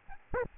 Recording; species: mosquito wingbeat signal from an infrared sensor; Aedes albopictus